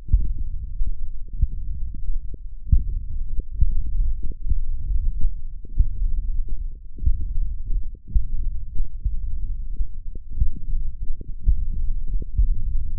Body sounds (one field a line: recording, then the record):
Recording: forearm muscle sounds (acoustic myography)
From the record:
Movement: finger pinch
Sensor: system 1, eight BSWA MPA416 microphones around the upper forearm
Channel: 5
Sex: male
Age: 21 years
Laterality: right